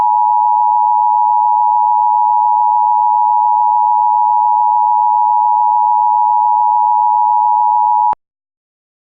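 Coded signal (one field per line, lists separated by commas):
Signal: Emergency Alert System (SAME) tones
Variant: 853 and 960 Hz attention tone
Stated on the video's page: Fictional EAS scenario.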